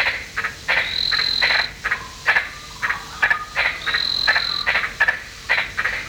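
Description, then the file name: Giant tree frog giving quick rasping barks in irregular runs, some notes doubled, with a high insect whine that comes and goes. "Litoria infrafrenata"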